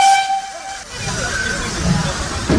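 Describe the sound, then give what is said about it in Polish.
A steam locomotive's whistle sounds for under a second in a steady, multi-toned blast, then breaks off into a loud, continuous hiss of escaping steam over a low rumble. “Za lokomotywą są to wagony konstrukcji metalowej z lat 20. i 30. XX wieku.”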